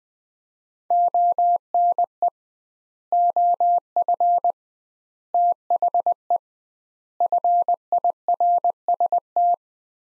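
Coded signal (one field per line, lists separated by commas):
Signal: Morse code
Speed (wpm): 19 wpm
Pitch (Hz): 700 Hz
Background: none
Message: ONE OF THE FIRST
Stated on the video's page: Head-copy drill of four-word sets at 20 wpm with 2x word spacing, a Farnsworth-like method; each set sent, spoken, then sent again.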